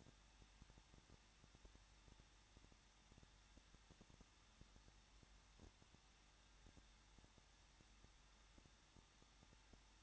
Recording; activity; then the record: daily activity, microphone in the room; no activity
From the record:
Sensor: 3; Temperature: 21.2 degrees Celsius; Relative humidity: 36.2%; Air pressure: 1006.4 hPa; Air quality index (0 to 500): 221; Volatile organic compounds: 39 ppm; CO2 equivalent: 3139 ppm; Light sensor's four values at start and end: 2/3/2/2 and 2/3/2/2